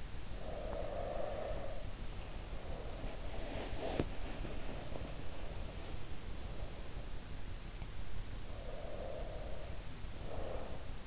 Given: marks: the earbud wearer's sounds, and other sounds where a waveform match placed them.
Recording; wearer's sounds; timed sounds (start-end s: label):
sounds in sleep by an in-ear microphone; breath
0.00-2.27 s: breath
2.26-7.53 s: sound from someone else or the room
8.44-11.07 s: breath